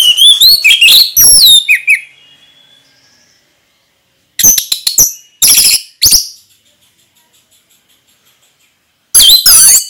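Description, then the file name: Orange-headed thrush song: loud bursts of rich whistled and buzzy phrases mixed with rapid chips, separated by silent pauses of several seconds. Orange-headed thrush singing in the Indonesian ngeplong style, described as gacor (singing persistently). "anis merah gacor ngeplong"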